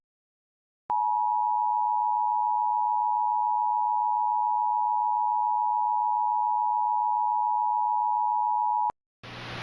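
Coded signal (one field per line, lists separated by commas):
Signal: Emergency Alert System (SAME) tones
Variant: 853 and 960 Hz attention tone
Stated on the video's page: Mock, fictional EAS alert.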